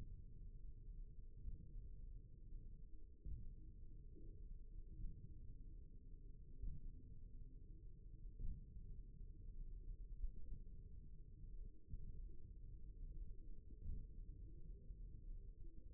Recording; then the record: forearm muscle sounds (acoustic myography)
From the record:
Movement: index flexion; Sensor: system 1, eight BSWA MPA416 microphones around the upper forearm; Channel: 2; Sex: male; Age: 54 years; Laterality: right